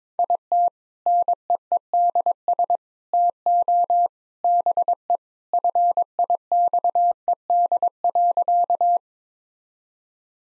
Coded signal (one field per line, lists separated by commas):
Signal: Morse code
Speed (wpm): 23 wpm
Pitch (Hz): 700 Hz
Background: none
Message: IT NEEDS TO BE FIXED.